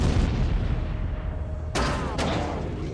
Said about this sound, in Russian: Активатор бахнул. Мир вспыхнул.